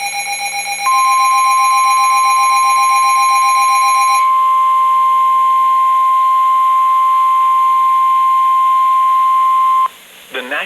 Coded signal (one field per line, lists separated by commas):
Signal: Emergency Alert System (SAME) tones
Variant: 1050 Hz attention tone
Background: speech